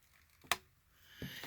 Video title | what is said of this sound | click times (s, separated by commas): Transformers Bumblebee POWER CHARGE BUMBLEBEE [Cdog Cdog Review] | it click into place like | 0.5 s